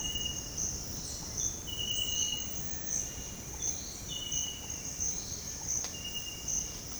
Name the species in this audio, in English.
none